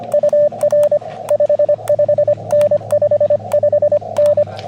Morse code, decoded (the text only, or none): UR 55N 55N